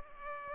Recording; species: mosquito wingbeat signal from an infrared sensor; Culex pipiens